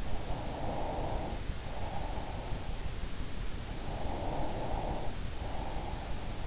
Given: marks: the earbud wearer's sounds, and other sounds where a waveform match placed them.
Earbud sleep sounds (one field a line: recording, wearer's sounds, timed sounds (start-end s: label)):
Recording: sounds in sleep by an in-ear microphone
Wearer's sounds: breath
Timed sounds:
0.00-2.90 s: breath
3.61-6.47 s: breath